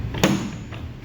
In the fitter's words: That's how it locks into place on this model.